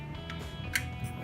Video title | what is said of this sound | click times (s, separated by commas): How to replace an Alternator | sure it clicks yeah that was in knots | 0.8 s